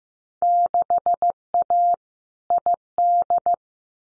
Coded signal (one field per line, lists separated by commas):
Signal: Morse code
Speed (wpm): 15 wpm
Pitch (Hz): 700 Hz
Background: none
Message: 6A ID